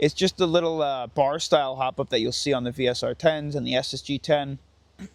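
Someone talks about the bar-style hop-up adjuster on the left side of an Action Army AAC-C1 airsoft sniper rifle, the same style used on the VSR-10 and SSG-10, while the bar is handled. Speech fills the clip until about 4.6 seconds, followed by near silence with a faint sound near 5.1 seconds. The bar has not yet clicked into its detent.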